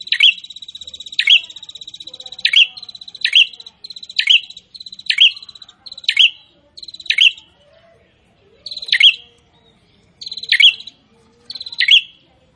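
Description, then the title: Prinia song: a steady series of buzzy, clicking trills, each ending in a bright chip, then spaced phrases after a short pause. Prinia singing prolifically ('gacor'). "Prenjak gacor"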